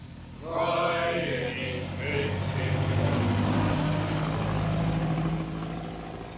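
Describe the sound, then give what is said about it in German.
A heavy truck engine rumbles steadily as the truck passes, a broad low drone with a vibrating hum that swells early and stays loud, briefly overlapping a voice-like tone at the start. “Ein vorüberfahrender Lastwagen machte den Rest unhörbar.”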